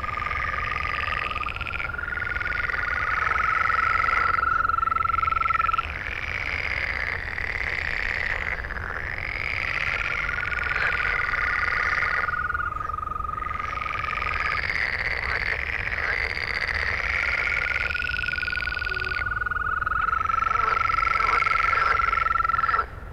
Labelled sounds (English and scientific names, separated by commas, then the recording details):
Green Toad (Bufo viridis) call
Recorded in the wild
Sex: male
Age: adult
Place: Malchower Aue, Berlin, DE
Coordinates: 52.5817, 13.4869
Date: 1990-05-16 22:15
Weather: Temperatur: Luft - 14,5°C, Wasser - 17,5°C
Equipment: Uher 4400 Report Monitor, Sennheiser MKH 416 T
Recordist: Frommolt, Karl-Heinz